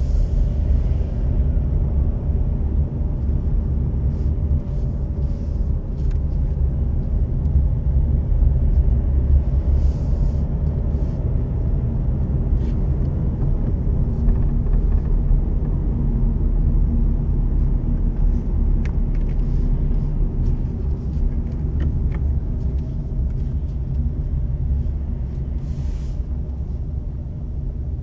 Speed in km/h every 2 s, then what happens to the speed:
24, 28, 28, 23, 25, 32, 32, 33, 31, 30, 27, 20, 19, 17.
0-7 steady at about 24. 7-10 speeds up to 32. 14-28 slows to 17.